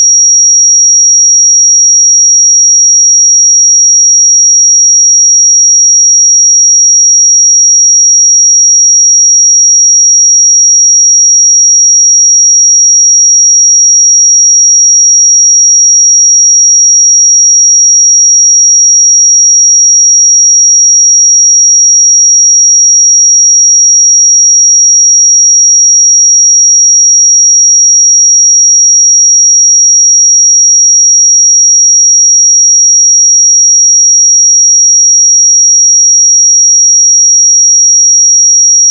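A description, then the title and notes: A steady, pure sine tone at 5676 Hz sounds without change for the entire clip: thin, bright and piercing, with no other sounds. 5676 Hz 1 Hz Interval Sine Pure Tone Frequency 441000 Sample Mono.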